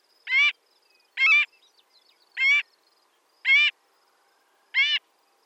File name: Marbled Godwit - Limosa fedoa